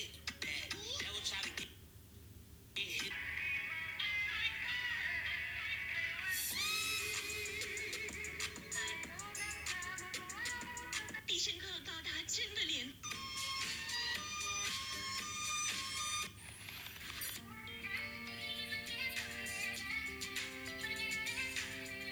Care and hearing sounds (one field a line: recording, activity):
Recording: daily activity, guitar pickup as the sensor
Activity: browse video